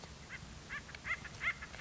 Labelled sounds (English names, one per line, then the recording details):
Acorn Woodpecker
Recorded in Sonoma County, California